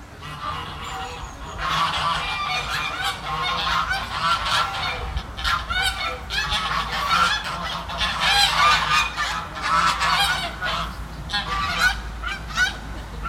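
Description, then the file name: Goose flock giving continuous harsh honks, many overlapping calls rising and falling in intensity with hardly any break throughout. "Geese"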